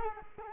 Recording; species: mosquito wingbeat signal from an infrared sensor; Culex quinquefasciatus